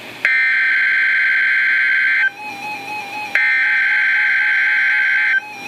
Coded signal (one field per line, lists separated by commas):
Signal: Emergency Alert System (SAME) tones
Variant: header bursts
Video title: Required Weekly Test - 04/16/14 (EAS #644)